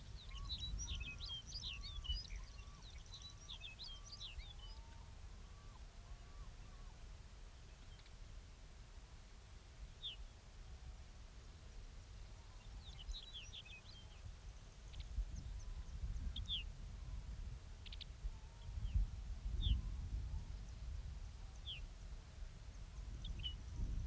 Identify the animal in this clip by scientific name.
Vulpes lagopus